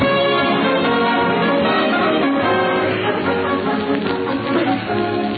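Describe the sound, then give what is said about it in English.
A short orchestral music cue on The Jack Benny Program as the curtain rises on the opening scene of a sketch, playing at a steady, fairly loud level, with dense sustained tones and a bright, busy texture throughout and no voices. “As the curtain rises, Doc Benny is giving his boys a pep talk. Curtain. Music.”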